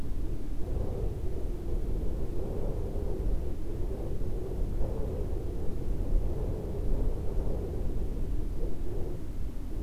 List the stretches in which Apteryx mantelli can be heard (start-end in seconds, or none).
none